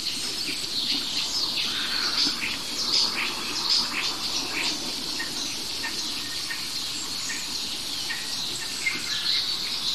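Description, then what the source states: Common Starling mimicry: dense, continuous chatter of high squeaks, clicks and short whistles, with varied notes tumbling over one another throughout. Starling imitating other birds.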